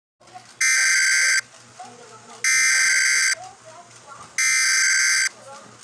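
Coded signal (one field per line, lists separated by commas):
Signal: Emergency Alert System (SAME) tones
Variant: header bursts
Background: speech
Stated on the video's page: Fictional EAS scenario.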